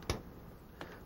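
A click-type torque wrench set to about 12 foot-pounds is pulled on a motorcycle triple clamp bolt until it breaks over. It gives a sharp click at 0.1 s, showing the bolt has reached the set torque, and a fainter tick follows at 0.8 s.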